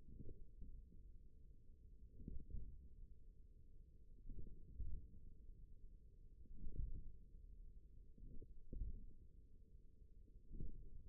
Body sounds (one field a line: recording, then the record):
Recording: forearm muscle sounds (acoustic myography)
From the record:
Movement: tripod grip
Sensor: system 1, eight BSWA MPA416 microphones around the upper forearm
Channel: 4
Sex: male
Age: 41 years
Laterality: right